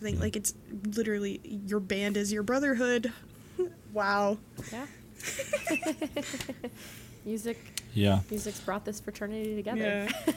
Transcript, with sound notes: Like it's literally your band is your brotherhood.
Wow.
Yeah. (laughs)
Music.
Yeah.
Music's brought this fraternity together.